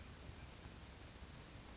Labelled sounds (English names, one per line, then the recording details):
Oak Titmouse
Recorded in Sonoma County, California